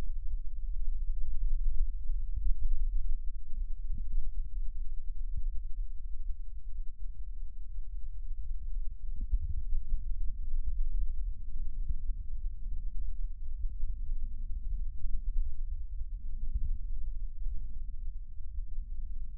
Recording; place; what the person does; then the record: lung sounds by stethoscope; right posterior basal chest; quiet breathing, then deep breathing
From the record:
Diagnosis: COPD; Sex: male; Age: 59 years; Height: 175 cm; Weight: 73 kg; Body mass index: 23.8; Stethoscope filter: bell mode